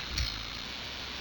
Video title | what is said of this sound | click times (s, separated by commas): pengkabelan jaringan komputer | yang ditandai dengan suara klik yang artinya harus sudah ditracking dengan baik ya alat | 0.2 s